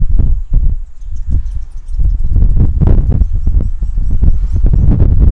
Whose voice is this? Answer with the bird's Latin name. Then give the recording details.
Phyllolais pulchella. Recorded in northern Uganda